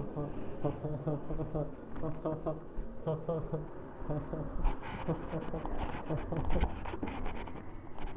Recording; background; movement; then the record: deep breathing; traffic; walking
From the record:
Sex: male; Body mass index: 23.7 kg/m2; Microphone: on the chest, facing the body